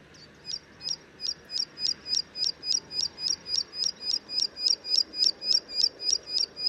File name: 褐頭鷦鶯